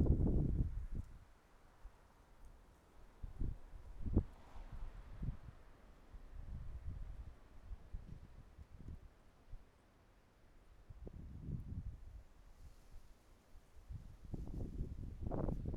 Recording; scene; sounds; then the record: everyday scene through a hearing-aid microphone; wind on the microphone; wind, traffic, birds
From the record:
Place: suburban garden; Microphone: behind the ear, right, front